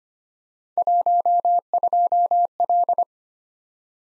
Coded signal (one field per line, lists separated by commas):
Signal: Morse code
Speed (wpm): 25 wpm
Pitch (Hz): 700 Hz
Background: none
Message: 12L